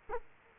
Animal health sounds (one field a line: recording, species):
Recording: mosquito wingbeat signal from an infrared sensor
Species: Culex quinquefasciatus